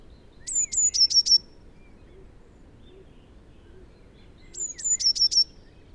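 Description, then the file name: Eurasian blue tit giving two song phrases, each a pair of very high drawn notes and a quick tumbling trill, separated by a few seconds of quiet. "Cyanistes caeruleus"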